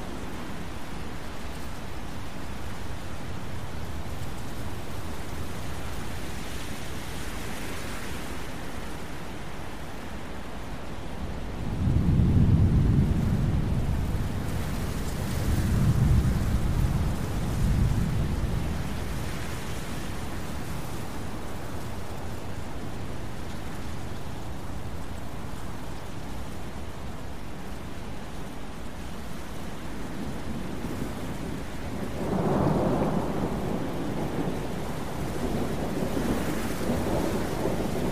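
A thunderstorm rumbles under a steady, dense wash of rain and wind that stays even throughout. Low, rolling thunder swells around twelve seconds and again near sixteen, then a brighter roll arrives at about thirty-two seconds before fading back.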